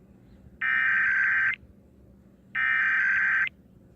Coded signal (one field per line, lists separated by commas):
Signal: Emergency Alert System (SAME) tones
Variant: header bursts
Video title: Iowa EAS Required Monthly Tests (March 6, 2019)